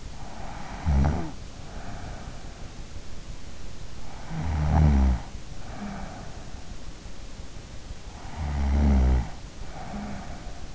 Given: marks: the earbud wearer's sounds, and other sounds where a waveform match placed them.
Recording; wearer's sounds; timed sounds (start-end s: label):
sounds in sleep by an in-ear microphone; snoring breath
0.00-2.86 s: snoring breath
4.28-6.59 s: snoring breath
8.23-10.75 s: snoring breath